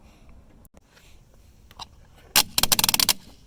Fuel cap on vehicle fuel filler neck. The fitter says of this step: right that's what you're doing you twist it until it clicks a few times seems good to me all